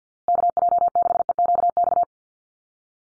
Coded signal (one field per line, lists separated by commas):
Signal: Morse code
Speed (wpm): 50 wpm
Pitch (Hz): 700 Hz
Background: none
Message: KJ6EQX